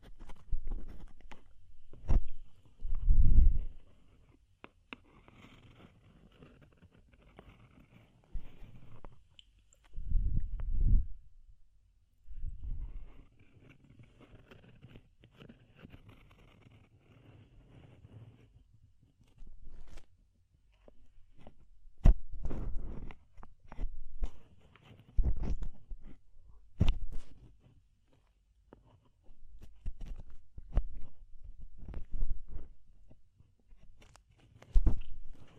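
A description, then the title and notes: Ear cleaning sounds come in bursts of close scraping, rubbing and crackling, with sharp clicks and taps scattered throughout. Heavier low thumps land around 3 and 11 seconds, and softer hissy rustling fills the stretches between about 5 and 19 seconds. DEEP Ear Penetrating Cleaning.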